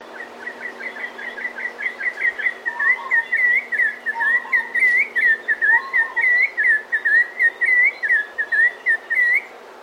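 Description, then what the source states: Bird giving a long run of short slurred whistled notes, quick at first then steadier, with a few faint lower warbles beneath. At a zoo in Australia; species unknown.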